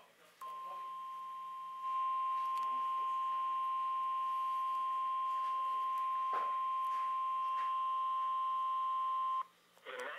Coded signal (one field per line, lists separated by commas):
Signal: Emergency Alert System (SAME) tones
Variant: 1050 Hz attention tone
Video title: EAS Severe Thunderstorm Warning EAS#35